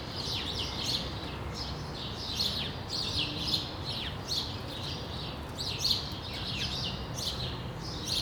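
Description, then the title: Sparrow chattering, many quick bright chirps in irregular bursts, against a constant low background rumble. Several sparrows on a street in Brussels, Belgium, recorded for World Sparrow Day with Lom mikroUši microphones into a Deity PR-2 recorder. "Rue de l'épargne, Bruxelles, Bruxelles-Capitale, Belgique - World Sparrow Day"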